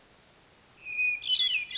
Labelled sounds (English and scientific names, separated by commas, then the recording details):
Hermit Thrush (Catharus guttatus)
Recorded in Sonoma County, California